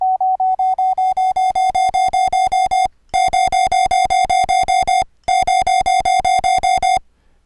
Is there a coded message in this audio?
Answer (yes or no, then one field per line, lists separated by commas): no